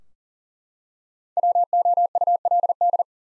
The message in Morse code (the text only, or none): WOULD